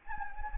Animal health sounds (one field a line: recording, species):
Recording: mosquito wingbeat signal from an infrared sensor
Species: Anopheles gambiae